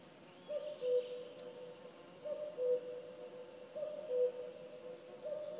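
Woodland birds singing: a low, steady hooting tone returns about every one and a half seconds, while thin, high, falling whistles repeat above it.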